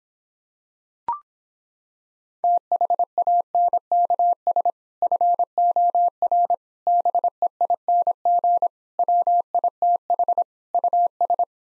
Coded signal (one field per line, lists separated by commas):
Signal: Morse code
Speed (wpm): 26 wpm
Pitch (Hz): 700 Hz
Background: none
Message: THANKS FOR BEING WITH US